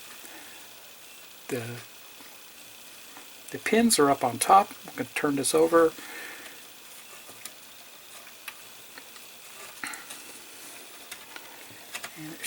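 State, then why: Seated. Someone talks while turning over a 1:2 scale R2-D2 model's right foot assembly with the pins up, then presses a plastic infrared sensor part home with several small clicks. The sensor snaps into place at 9.8 s and is seated.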